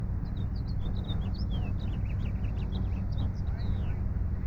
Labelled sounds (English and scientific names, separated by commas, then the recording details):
House Finch (Haemorhous mexicanus) song
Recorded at Breezy Point on Long Island, New York, on 4 June 1975
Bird B